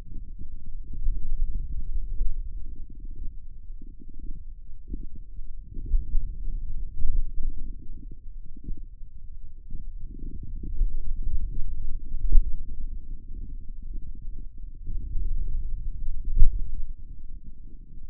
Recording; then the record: forearm muscle sounds (acoustic myography)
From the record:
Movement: pen grasping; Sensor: system 2, bracelet of six BSWA MPA416 microphones around the upper forearm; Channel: 4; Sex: male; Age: 22 years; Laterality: right